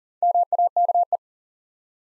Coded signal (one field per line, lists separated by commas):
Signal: Morse code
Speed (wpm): 40 wpm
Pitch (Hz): 700 Hz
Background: none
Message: MAKE